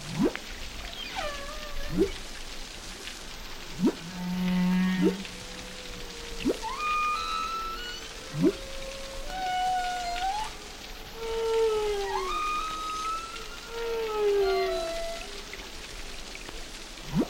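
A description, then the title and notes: Whale song: long, sliding moans that rise and fall, some bending upward, others drooping at the end, overlapping one another across the recording. Short sharp upsweeps cut in at irregular moments, and a low buzzing pulse appears near five seconds over a steady hiss. Whale Songs.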